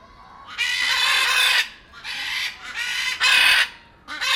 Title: Jardin des Plantes, Paris, France - Ara blue et jaune